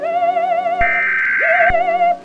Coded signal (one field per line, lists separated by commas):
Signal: Emergency Alert System (SAME) tones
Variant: header bursts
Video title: Enclave EAS (Custom EAS scenario)